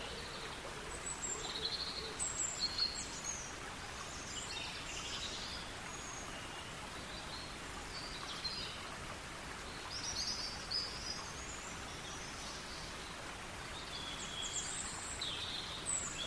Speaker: Somewhere above, hidden among the broken canopy that staggers up the steep valley, a robin reels out its morning song.